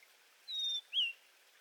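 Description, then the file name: Blue-and-white flycatcher song: two clear whistled notes, a long level one followed by a shorter note that rises and then falls, over faint background hiss. "cyanoptila cyanomelana twitter"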